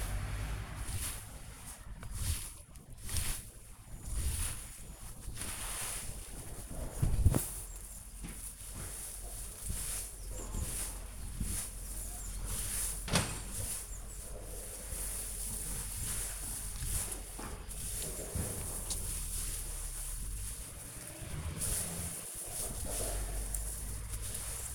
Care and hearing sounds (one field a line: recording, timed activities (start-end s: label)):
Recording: household activities, microphone on the right wrist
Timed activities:
0.00-24.75 s: gardening with a rake